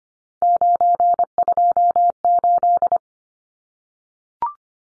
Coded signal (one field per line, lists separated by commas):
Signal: Morse code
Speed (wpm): 25 wpm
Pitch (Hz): 700 Hz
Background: none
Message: 928